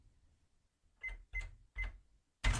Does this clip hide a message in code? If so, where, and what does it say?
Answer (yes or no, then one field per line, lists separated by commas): no